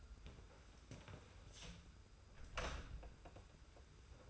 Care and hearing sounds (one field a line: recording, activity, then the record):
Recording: daily activity, microphone in the room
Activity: close door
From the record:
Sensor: 2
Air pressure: 991.5 hPa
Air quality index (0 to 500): 149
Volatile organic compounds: 408 ppm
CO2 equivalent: 4684 ppm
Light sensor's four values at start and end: 31/92/36/34 and 31/92/36/34